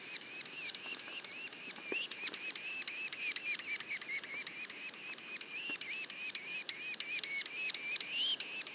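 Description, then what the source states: Yellow-bellied sapsucker calls, a steady series of raspy squeals, with a few faint clicks. Juveniles, Mont-Orford National Park, Quebec.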